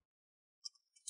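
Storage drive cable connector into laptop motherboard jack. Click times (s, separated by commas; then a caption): 0.7 s. A storage drive's flat cable connector, for a Lenovo ThinkPad P52 SSD/HDD upgrade, is aligned on top of the jack on the laptop motherboard and pushed down. It seats with a tiny, sharp click at 0.7 s, followed by a few fainter ticks and another bright click near 1.1 s.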